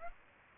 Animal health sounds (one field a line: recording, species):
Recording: mosquito wingbeat signal from an infrared sensor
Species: Aedes aegypti